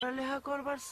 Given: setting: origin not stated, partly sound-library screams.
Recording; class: one-second piece from a danger detection set; normal situation